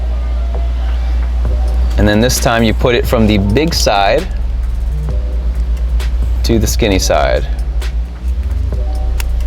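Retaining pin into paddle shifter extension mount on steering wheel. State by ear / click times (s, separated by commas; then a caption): seated / 9.2 s. A small retaining pin is pushed from the big side to the skinny side through a carbon fiber paddle shifter extension and its plastic mount on the steering wheel of an F30/F80/F32/F82. Someone talks over steady background music, and a sharp click is heard at 9.2 s as the pin seats and the paddle shifter is fully installed.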